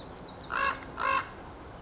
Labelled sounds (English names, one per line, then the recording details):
Common Raven
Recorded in Sonoma County, California